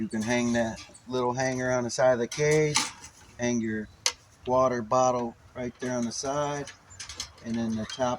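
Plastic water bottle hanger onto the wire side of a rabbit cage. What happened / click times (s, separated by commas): Handled, not yet home: the hanger has not clicked into place / none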